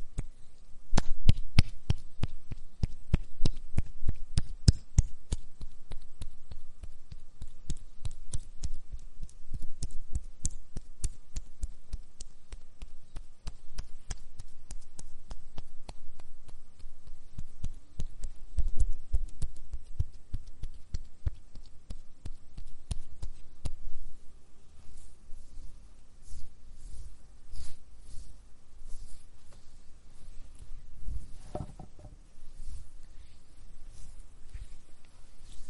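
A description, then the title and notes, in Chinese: Someone rubs lotion over skin, a dense run of quick soft slaps and smears, busiest early, thinning later, with a low murmur underneath. 睡前擦拭涂抹身体乳助眠啦。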